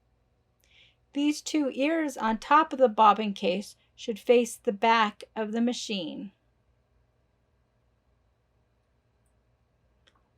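A metal bobbin case is held with its two ears facing the back of the sewing machine and lined up on the ridge of the rotating hook before being pushed home, while someone talks from about 1.1 to 6.3 seconds. Apart from a faint tick near 0.6 seconds and another near 10.1 seconds, the rest is quiet. The bobbin case has not yet snapped into place.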